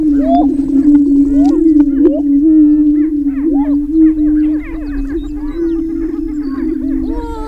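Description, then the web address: Greater prairie chicken booming: a steady low hooting drone runs throughout, overlaid by frequent sharp rising whoops and cackles. "Laura's Natural Sounds Greater Prairie Chicken"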